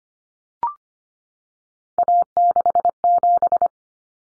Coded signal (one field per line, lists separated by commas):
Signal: Morse code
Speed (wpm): 25 wpm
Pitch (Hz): 700 Hz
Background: none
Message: A67